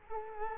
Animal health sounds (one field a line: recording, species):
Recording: mosquito wingbeat signal from an infrared sensor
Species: Culex quinquefasciatus